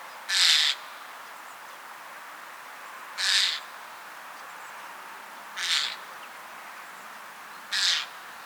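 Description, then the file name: Eurasian jay repeating a harsh, tearing screech four times, roughly every two to three seconds, each burst short and raspy, with soft background noise. "Garrulus glandarius"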